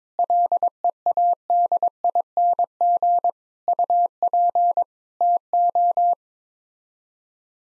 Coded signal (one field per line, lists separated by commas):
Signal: Morse code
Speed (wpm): 22 wpm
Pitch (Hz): 700 Hz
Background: none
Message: LEADING UP TO